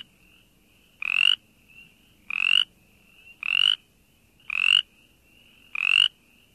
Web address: Frog Calls Pseudacris brimleyi - Brimleys Chorus Frog